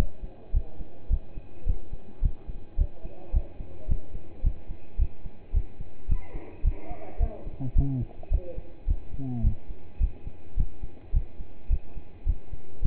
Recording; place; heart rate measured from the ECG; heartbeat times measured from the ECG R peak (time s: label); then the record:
heart sounds by stethoscope; between the tricuspid and mitral areas; 107 bpm
0.53 s: heartbeat
1.10 s: heartbeat
1.66 s: heartbeat
2.22 s: heartbeat
2.78 s: heartbeat
3.33 s: heartbeat
3.88 s: heartbeat
4.43 s: heartbeat
4.98 s: heartbeat
5.53 s: heartbeat
6.08 s: heartbeat
6.64 s: heartbeat
7.19 s: heartbeat
7.75 s: heartbeat
8.31 s: heartbeat
8.87 s: heartbeat
9.43 s: heartbeat
10.00 s: heartbeat
10.56 s: heartbeat
11.13 s: heartbeat
11.69 s: heartbeat
12.26 s: heartbeat
12.82 s: heartbeat
From the record:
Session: pedaling a stationary bicycle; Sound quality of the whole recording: partially saturated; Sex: male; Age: 27 years